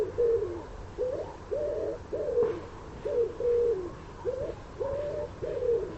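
Common wood pigeon cooing, a run of soft, hoarse low coos in a rhythmic, repeated pattern.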